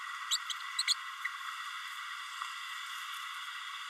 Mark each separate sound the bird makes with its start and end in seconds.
0.30-0.37, 0.78-0.82, 0.87-0.93